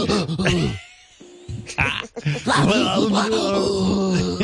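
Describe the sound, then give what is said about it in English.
A man's voice imitates upset heavy breathing and grunting: loud, strained groaning huffs that run almost continuously for a few seconds, broken by one short pause. “Between that and the breathing, like when he gets upset, he goes.”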